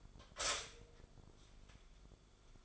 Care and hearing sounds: daily activity, microphone in the room; stop toaster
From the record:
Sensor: 5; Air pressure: 1014.8 hPa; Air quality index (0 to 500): 205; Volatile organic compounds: 9 ppm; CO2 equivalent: 2186 ppm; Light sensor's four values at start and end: 14/34/13/12 and 14/33/13/12

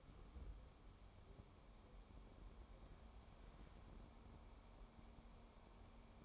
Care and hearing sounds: daily activity, microphone in the room; wipe stove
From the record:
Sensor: 1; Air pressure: 1015.1 hPa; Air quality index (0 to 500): 54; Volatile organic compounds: 1 ppm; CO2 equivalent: 685 ppm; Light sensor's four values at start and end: 13/32/13/15 and 14/32/13/15

